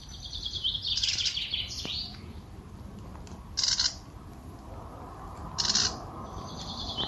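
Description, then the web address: Bird calls in short high bursts of rapid pi-pi notes, an extended burst early on, then brief bursts about every two seconds. "cianscape birddata Deverinetal"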